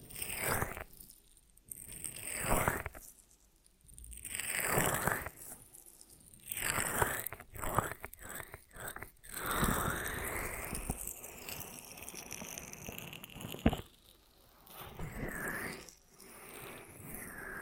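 Ear massage triggers: soft rubbing and crinkly scraping come in bursts with short silent gaps, then a longer steady rustle around the middle.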